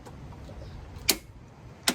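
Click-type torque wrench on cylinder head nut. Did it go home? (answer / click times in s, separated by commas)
yes / 1.9 s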